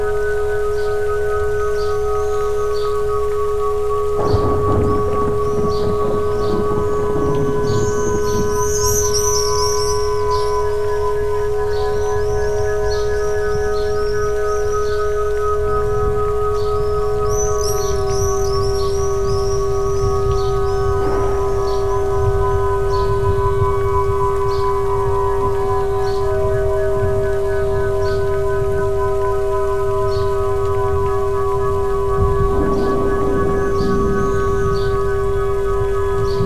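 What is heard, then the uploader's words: Birds chirp repeatedly over a steady low rumble of rain and river, with a sustained ringing tone throughout and bursts around 5, 21 and 33 seconds. Solfeggio Frequency 963 Hz Down To 63 Hz.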